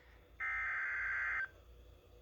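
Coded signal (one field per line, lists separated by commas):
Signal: Emergency Alert System (SAME) tones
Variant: header bursts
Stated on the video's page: Flood warning from the Charleston, West Virginia office, broadcast on NOAA Weather Radio KJY68.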